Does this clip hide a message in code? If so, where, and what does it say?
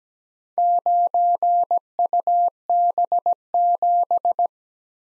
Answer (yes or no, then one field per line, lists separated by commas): yes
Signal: Morse code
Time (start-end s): 0.6-4.5 s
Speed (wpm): 17 wpm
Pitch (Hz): 700 Hz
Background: none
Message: 9UB7